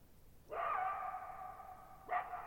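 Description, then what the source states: Coyote howl: a sudden onset rising into a sustained, level wavering note lasting over a second, then a fresh sharp start of another note. Lone coyote entering a meadow at night, July 14, 2019, Thirtymile Meadows, Okanogan National Forest, Pacific Northwest, 1950 m, dry high plateau, bowl-shaped meadow.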